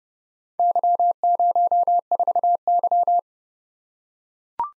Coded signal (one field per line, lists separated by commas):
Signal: Morse code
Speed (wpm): 29 wpm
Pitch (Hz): 700 Hz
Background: none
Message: Y04Y